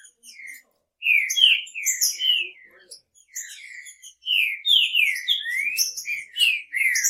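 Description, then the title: Green-winged Saltator song: loud, rich whistled phrases of slurred and rising notes with bright overtones, delivered in bursts with short pauses between them. "Trinca Ferro"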